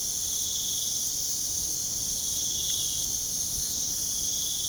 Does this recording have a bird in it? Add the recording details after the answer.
no. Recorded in pastures near Puerto Asís, Putumayo, Colombia, on 29 June 2025 at 01:00. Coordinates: 0.497, -76.327. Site G040